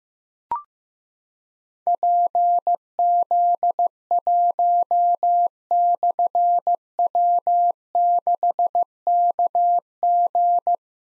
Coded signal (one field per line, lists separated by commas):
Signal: Morse code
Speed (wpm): 15 wpm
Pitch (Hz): 700 Hz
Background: none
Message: PZ1/W6KG